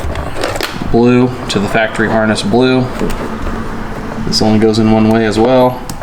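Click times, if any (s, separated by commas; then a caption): none. A blue tweeter connector is handled at the blue plastic factory speaker harness plug in a BMW E90 while someone talks, with a few faint plastic ticks near the start. The connector only goes in one way, and nothing has seated or clicked yet when the clip ends.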